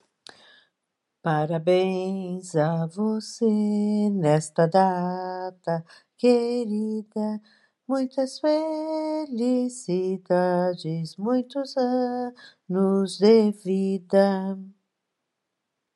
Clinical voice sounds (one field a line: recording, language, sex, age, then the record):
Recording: short text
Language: Brazilian Portuguese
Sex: female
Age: 60 to 69 years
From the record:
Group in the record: control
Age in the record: 67 years